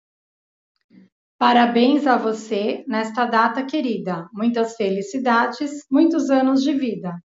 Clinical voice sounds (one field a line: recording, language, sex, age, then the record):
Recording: short text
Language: Brazilian Portuguese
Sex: female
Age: 40 to 49 years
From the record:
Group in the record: control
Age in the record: 42 years